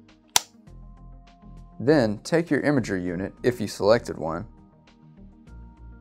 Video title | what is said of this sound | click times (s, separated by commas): TSL 1128 Bluetooth® UHF RFID Reader: Unboxing & Setting Up | it onto the reader unit until you hear it click. | 0.4 s